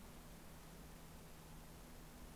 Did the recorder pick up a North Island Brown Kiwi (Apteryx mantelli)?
no